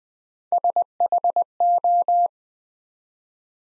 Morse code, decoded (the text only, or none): SHO